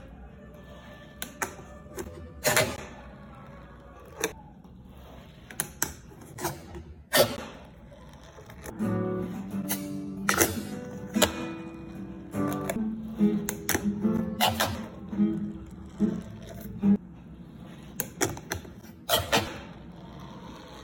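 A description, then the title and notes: Fingerboarding on a kitchen surface: sharp clacks and taps land irregularly, about one or two a second, with a brief rolling rumble of small wheels. From about 9 to 17 seconds a denser stretch of grinding and tones rises and falls between the clacks. Fingerboarding at the kitchen. Another session in this spot i found at my kitchen.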